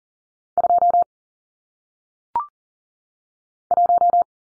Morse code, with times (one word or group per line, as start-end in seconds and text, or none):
0.6-1.0 2
3.7-4.2 1